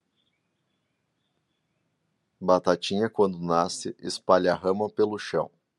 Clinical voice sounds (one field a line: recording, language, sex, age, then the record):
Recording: short text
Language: Brazilian Portuguese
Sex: male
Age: 40 to 49 years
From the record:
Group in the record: control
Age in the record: 40 years